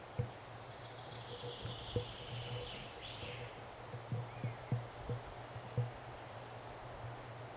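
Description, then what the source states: Allen's Hummingbird anxiety calls: a brief high buzzing chatter, followed by a faint short note, amid repeated low knocks and a constant hum. Anxiety calls, recorded 4 July 2009.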